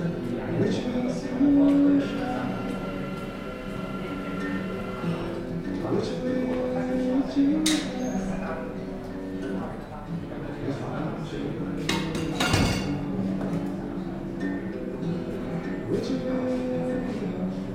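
Sitting in a café: a steady murmur of overlapping voices fills the whole stretch, with a constant low hum underneath. Dishes and cutlery clink now and then, with sharper knocks near 8 and 12.5 seconds.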